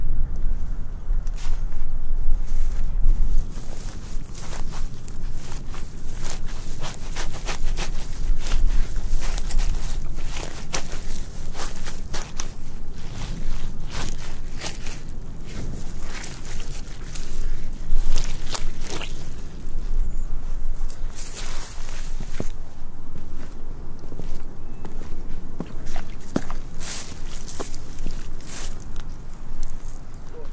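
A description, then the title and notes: Footsteps crunch and scuff steadily and irregularly outdoors in a village, over a low wind rumble with occasional sharper clicks and knocks. ASMR Relaxing Binaural Sounds of WALKING in a Viking Village in Iceland with a very large diversity of footsteps sounds in nature: mud, wood, water, peat, grass, straw, gravel...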